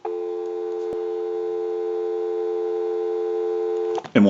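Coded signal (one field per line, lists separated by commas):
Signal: telephone call progress tone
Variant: North America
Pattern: dial tone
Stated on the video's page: Model 2500 desk telephone undergoing initial checkout and repair.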